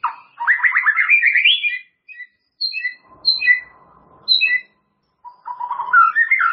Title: murai batu